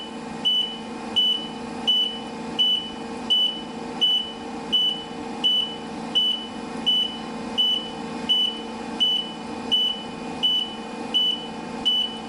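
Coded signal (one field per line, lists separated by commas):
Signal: alarm pattern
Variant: vehicle reversing beeper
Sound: steady repeating high beeps, about 17 in 12 seconds, over engine drone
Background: truck engine idling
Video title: Reversing Truck beep, Sound Effect, reverse beeper, vehicle back up alarm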